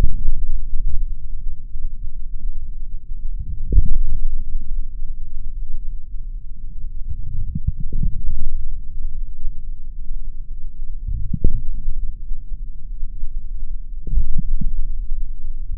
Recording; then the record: forearm muscle sounds (acoustic myography)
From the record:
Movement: forearm supination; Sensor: system 3, bracelet of six PUI Audio POM-2738L microphones around the upper forearm, with dedicated amplification and filtering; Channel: 3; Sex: male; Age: 26 years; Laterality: right